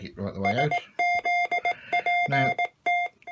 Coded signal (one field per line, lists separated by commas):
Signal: Morse code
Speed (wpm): 19 wpm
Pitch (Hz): 700 Hz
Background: speech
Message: SZPT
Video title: uCPO part 1 Using a Straight Key with the uCPO (this is the older MK3 version)